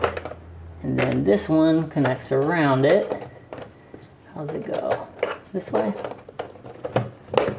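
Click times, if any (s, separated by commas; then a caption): 7.4 s. A plastic toy track piece from a Hot Wheels Fuel Can Stunt Box Track Builder Playset (2022) is pushed onto the track connector around it while someone talks. Scattered handling clicks and taps lead to a sharp click at 7.4 s as the piece snaps into place and seats.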